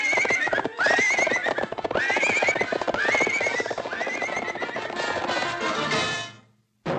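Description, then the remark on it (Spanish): A horse being ridden back toward the stable at dusk whinnies several times in loud, wavering high-pitched calls while its hooves clop steadily underneath, then everything cuts off abruptly to silence near the end. “Todo jinete ducho siempre lleva a su caballo paso a paso hacia el establo.”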